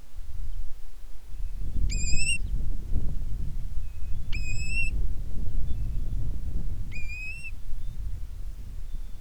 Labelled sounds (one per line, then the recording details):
bird
wind
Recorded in the Prudhoe Bay oil fields, Alaska, on 10 July 2019 at 10:27
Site 11